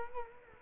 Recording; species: mosquito wingbeat signal from an infrared sensor; Culex quinquefasciatus